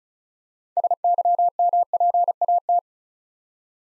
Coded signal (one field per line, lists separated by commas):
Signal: Morse code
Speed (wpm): 36 wpm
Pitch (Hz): 700 Hz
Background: none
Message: SYMPAT